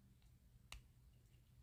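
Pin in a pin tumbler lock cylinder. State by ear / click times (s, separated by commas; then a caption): seated / 0.7 s. A binding pin in a pin tumbler lock cylinder is picked with tension applied and lifted until it sets at the shear line. A single faint, sharp click is heard at 0.7 s over a low background hum. The pin sets.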